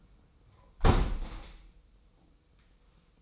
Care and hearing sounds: daily activity, microphone in the room; close window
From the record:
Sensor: 1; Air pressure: 990.3 hPa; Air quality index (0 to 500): 170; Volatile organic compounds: 1000 ppm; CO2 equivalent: 6216 ppm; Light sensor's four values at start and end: 21/47/20/22 and 21/47/20/22

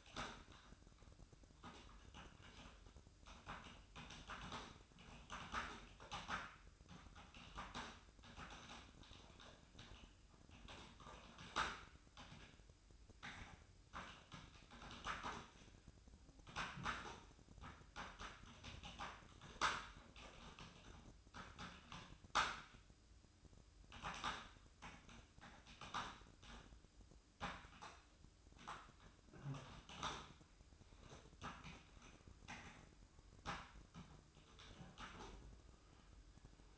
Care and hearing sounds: daily activity, microphone in the room; typing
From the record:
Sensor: 2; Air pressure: 1007.5 hPa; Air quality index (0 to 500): 43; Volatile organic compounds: 1 ppm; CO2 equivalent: 549 ppm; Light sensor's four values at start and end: 8/20/8/9 and 8/19/8/8

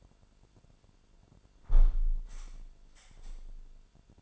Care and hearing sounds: daily activity, microphone in the room; close window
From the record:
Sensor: 5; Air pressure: 1006.6 hPa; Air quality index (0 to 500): 194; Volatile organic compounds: 6 ppm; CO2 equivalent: 1848 ppm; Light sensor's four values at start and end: 57/161/62/63 and 56/161/62/63

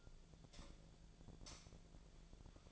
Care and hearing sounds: daily activity, microphone in the room; light off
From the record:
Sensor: 5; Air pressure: 1009.9 hPa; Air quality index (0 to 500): 161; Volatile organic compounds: 4 ppm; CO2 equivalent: 1563 ppm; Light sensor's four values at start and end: 166/424/176/189 and 166/421/176/188

